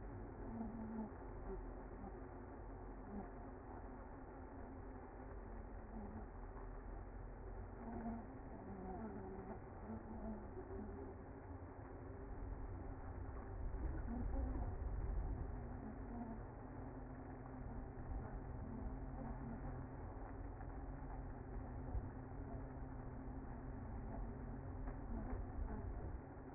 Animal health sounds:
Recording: honeybee colony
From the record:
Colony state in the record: active

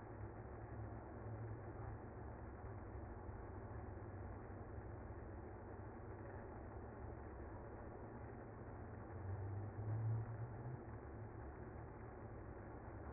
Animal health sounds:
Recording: honeybee colony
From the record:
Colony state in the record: active

